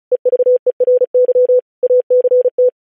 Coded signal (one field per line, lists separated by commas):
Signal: Morse code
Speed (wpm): 36 wpm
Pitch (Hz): 500 Hz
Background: none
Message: EVERY ACT